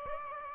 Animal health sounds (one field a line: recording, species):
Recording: mosquito wingbeat signal from an infrared sensor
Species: Aedes aegypti